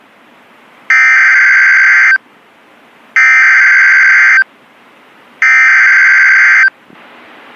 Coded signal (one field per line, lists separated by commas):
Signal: Emergency Alert System (SAME) tones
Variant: header bursts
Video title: Buncha Floodz.... - EAS Alerts From 2/28/21 (EAS #179 - #187)